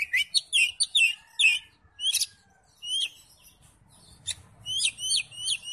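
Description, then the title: Oriental magpie-robin song: clusters of sharp, high chirping notes, a pause, then quick repeated upswept whistles. "Kacer"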